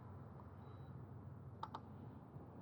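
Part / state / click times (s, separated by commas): fuel filler cap onto vehicle fuel tank neck / torque reached / 1.6 s, 1.8 s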